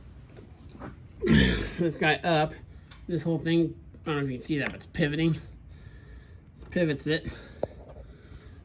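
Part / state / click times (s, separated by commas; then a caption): power feed engagement lever locking into its detent on a milling machine / seated / 7.6 s. On an old Kempsmith No. 3 milling machine, the metal power-feed trip lever assembly is lifted, pivoted and pushed down into its detent while someone talks. A single sharp metallic click at 7.6 s marks the lever locking into place, though the mechanism is still a little stiff.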